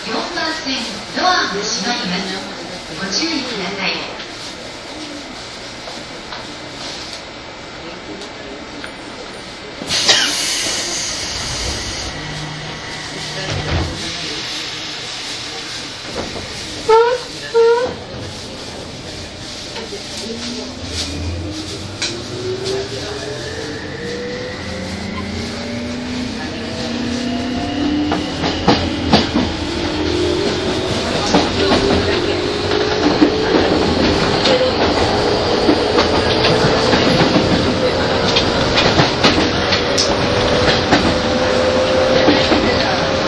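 Tokyo to Takao train ride: murmuring voices and brief tones, then a motor whine steadily rising in pitch as the train accelerates.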